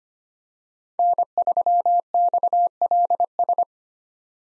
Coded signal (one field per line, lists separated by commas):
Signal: Morse code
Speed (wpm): 25 wpm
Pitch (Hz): 700 Hz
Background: none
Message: N3XLS